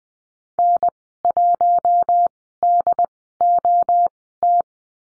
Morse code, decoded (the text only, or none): N1DOT